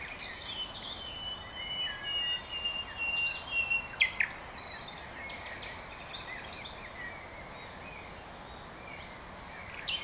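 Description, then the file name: Common nightingale singing a long, level, pure whistle, followed by scattered sharp clicks and chirps, then quiet hiss. "Luscinia megarhynchos"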